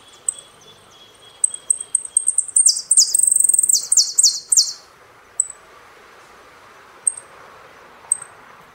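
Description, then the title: Saffron finch song: several thin high chips, then a rapid burst of buzzy, chattering notes lasting about two seconds, followed by scattered single high chips. "Jilguero Argentino"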